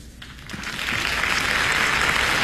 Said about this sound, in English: Applauding a third act entrance.